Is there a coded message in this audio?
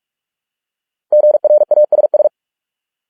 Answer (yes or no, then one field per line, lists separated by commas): yes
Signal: Morse code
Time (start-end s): 1.1-2.3 s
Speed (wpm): 46 wpm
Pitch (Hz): 600 Hz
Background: none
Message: GRASS